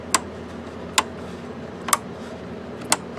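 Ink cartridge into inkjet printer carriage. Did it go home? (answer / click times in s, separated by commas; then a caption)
yes / 0.1 s, 1.0 s. A refillable plastic ink cartridge from a continuous ink system is pressed down, front end first, into the carriage of a Canon Pixma TS6320/TS6220 inkjet printer. Sharp clicks sound at 0.1 s and 1.0 s as it snaps home and seats, followed by two more short clicks near 1.9 s and 2.9 s over a low steady background.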